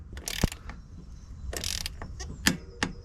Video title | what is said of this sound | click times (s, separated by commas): Giant Flip-Chip | Voilà, le clic, c'est que c'est bon. | 2.5 s, 2.8 s